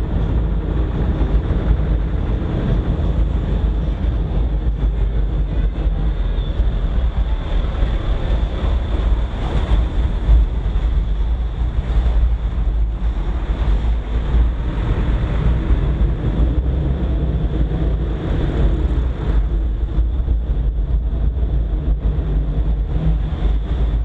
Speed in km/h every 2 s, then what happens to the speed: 20, 19, 15, 10, 9, 8, 7, 11, 15, 16, 17, 18.
0-11 slows to 7. 11-24 speeds up to 18.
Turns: none.